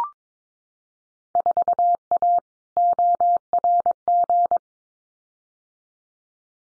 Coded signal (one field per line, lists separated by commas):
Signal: Morse code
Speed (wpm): 22 wpm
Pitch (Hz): 700 Hz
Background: none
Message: 4A ORG